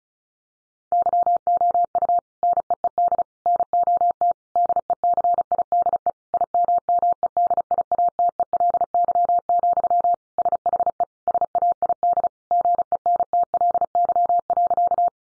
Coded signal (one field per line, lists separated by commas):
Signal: Morse code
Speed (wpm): 34 wpm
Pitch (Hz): 700 Hz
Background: none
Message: YOU NEED NOT DECIDE IMMEDIATELY, SHE SAID GENTLY.